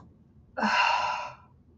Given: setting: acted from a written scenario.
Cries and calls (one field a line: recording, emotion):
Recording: vocal sound without words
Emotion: anger